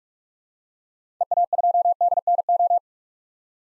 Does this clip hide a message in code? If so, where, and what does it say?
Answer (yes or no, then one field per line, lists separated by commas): yes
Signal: Morse code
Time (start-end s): 1.2-2.8 s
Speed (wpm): 46 wpm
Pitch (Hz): 700 Hz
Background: none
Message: EA2DNO